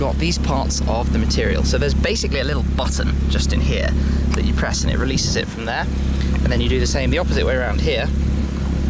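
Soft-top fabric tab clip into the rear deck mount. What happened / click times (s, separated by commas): Handled, not yet home: fabric tab not clipped in / none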